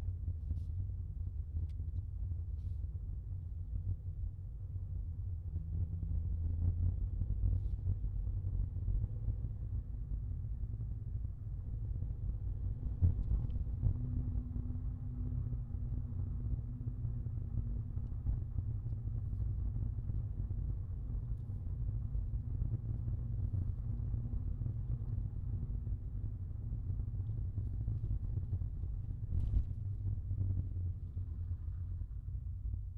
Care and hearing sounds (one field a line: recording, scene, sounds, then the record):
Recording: everyday scene through a hearing-aid microphone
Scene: in a vehicle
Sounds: engine, rumble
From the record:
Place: Skoda Fabia, gasoline engine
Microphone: in the ear canal, left